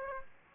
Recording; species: mosquito wingbeat signal from an infrared sensor; Aedes aegypti